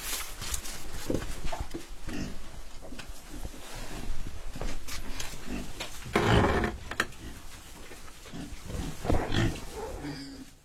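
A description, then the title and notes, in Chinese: Pigs in a home-built pen grunt and shuffle continuously, filling the scene with dense, uneven low snorts. A loud squeal bursts out around six seconds, and another sharp cry rises near nine seconds before the noise settles slightly. 参观自家建的猪圈基地。第一次参观这么系统化大规模的猪圈。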